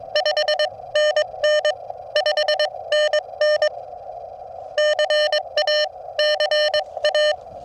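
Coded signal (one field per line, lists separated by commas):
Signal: Morse code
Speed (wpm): 19 wpm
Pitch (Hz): 590 Hz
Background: none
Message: 5NN 5NN CA CA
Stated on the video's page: Morse on a POTA activation using a JPC-12 vertical antenna, KX2 at QRP and FT-891 at 50 watts, including a DX contact.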